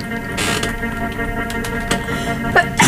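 A big, loud sneeze from an adult woman in a radio studio, with music playing in the background.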